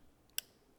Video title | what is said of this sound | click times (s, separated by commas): Lenny Magill demo's the latest Pyramid Trigger Installation | and we did again that click if you didn't didn't hear it but there's a little click there that is just the | 0.4 s